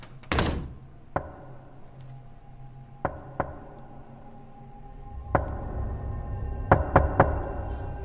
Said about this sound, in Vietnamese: Tiếng gõ cửa vang lên ở bên ngoài, rõ mồn một.